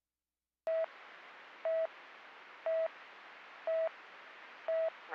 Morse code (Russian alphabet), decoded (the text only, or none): none